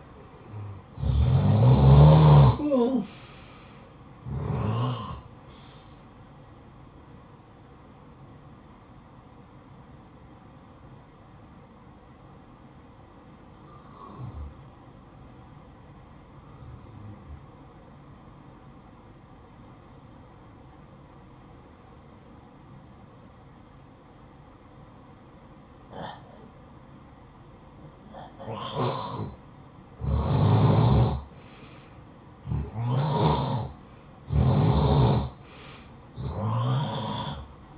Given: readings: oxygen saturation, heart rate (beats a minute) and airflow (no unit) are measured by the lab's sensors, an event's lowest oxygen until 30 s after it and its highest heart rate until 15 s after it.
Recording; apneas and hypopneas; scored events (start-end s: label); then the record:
breathing in sleep by a smartphone at the bedside; 1
13.00-30.20 s: obstructive apnea (N2, oxygen 92% highest, then 88% lowest, heart rate 60 at the start, 71 highest)
From the record:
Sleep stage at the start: N2 (light sleep); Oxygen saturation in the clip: 88 to 94%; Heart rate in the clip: 54 to 71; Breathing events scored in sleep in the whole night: 573 in 9.8 hours asleep